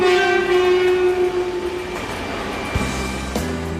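A high-speed train rushes along with a steady roar as its horn sounds a long, bright tone that fades, followed by a deeper, sustained horn blast near the end.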